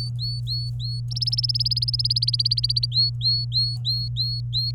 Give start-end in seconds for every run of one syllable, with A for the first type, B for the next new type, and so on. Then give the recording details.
0.00-1.00 A, 1.11-2.86 B, 2.92-4.71 A. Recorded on 24 April 2018 at 13:12. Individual llb3